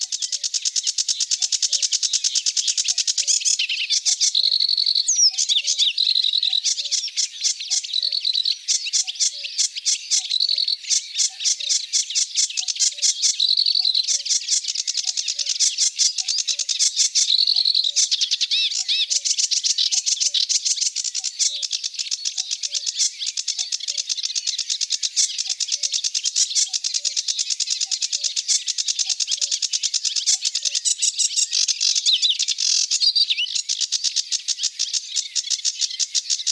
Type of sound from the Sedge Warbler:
song